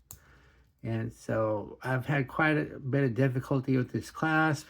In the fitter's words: so you have to make sure it clicks really good not just clicks